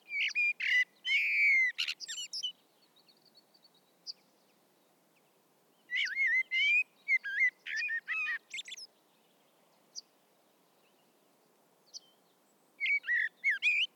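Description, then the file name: Common blackbird song of rich warbled whistles and high twitters, three bursts of phrases with quiet gaps between. "Turdus merula"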